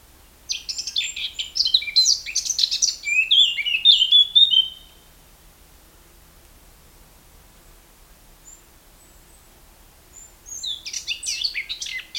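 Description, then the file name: Eurasian blackcap giving a scratchy, chattering warble for about four seconds, then a pause, then another burst of rapid scratchy notes. "Sylvia atricapilla"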